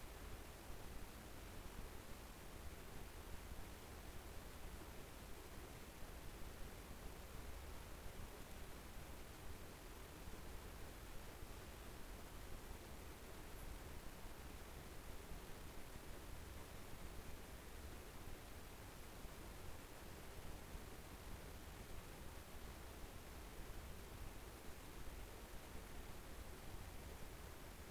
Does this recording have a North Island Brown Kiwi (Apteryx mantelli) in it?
no